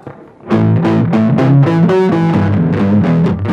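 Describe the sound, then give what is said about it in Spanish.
After a brief quiet moment, an instrument played through a distortion effect kicks in, playing a steady run of gritty, buzzing notes with a thick harmonic fuzz, loud and alone with no voices. “¿Qué pasa si presiono la distorsión, por ejemplo?”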